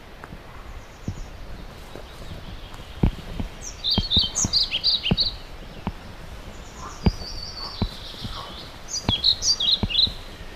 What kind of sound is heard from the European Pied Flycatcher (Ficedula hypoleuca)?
song